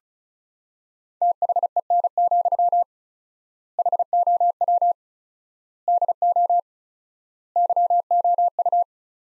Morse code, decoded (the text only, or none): THEN, HOW DO YOU